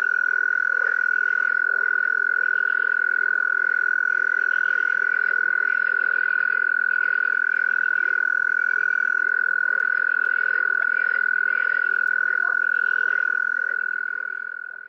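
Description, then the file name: European mole cricket song, a steady unbroken churring trill held at one tone, fading only at the very end, with faint soft background noise. "courtiliere commune gryllotalpa gryllotalpa. naturophonia"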